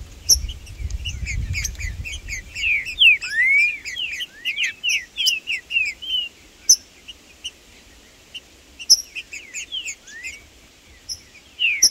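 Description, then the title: Green-winged saltator song: slurred rising and falling whistles over dense high chatter, with low rumbling noise early and scattered sharp clicks throughout. Wild birds in the bush, singing, chirping and competing in territorial song (macheando) alongside a free-living bird; birds named Blindado and Tufão. "Seu TRINCA Piando, Cantando E Macheando Na DISPUTA. Trinca Ferro no MATO Cantando e Macheando muito com Solto! Blindado e Tufão no mato"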